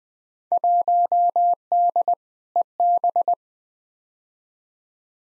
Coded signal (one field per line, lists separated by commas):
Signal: Morse code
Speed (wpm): 20 wpm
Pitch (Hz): 700 Hz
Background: none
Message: 1D EB